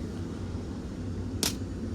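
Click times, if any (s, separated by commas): 1.4 s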